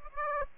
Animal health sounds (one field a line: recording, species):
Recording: mosquito wingbeat signal from an infrared sensor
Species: Aedes aegypti